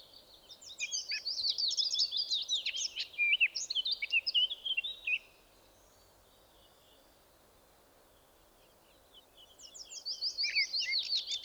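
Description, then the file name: Eurasian blackcap singing a dense, fast warble for five seconds, silence for about four seconds, then a new burst of rapid high notes. "Sylvia atricapilla"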